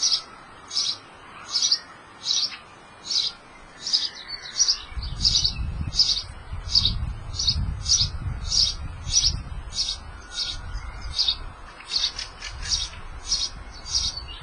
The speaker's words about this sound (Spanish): En la casa de patio, escondido en el tejado 2 metros sobre nosotros, cuando descansamos de la sauna, hay un nido de pájaros. Esto es su canto.